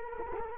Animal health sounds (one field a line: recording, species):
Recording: mosquito wingbeat signal from an infrared sensor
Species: Culex quinquefasciatus